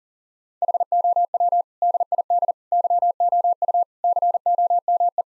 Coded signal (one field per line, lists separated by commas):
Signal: Morse code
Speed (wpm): 40 wpm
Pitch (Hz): 700 Hz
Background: none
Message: HOW DID YOU COME